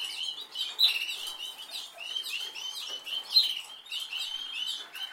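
Canary song of short, bright chirps and slurred whistled notes, delivered in uneven clusters with brief pauses between phrases.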